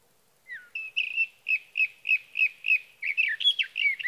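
Sage thrasher: a descending slur, then a steady string of identical short notes, roughly three a second, ending in a rush of mixed warbled notes.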